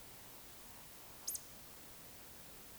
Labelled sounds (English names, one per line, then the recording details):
Eurasian Woodcock whistle
Eurasian Woodcock croak
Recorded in Baden-Württemberg, Germany, on 20 May 2021 at 19:51 UTC
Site 24606, 635 m above sea level